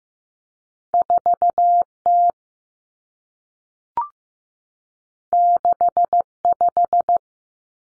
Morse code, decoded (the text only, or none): 4T 65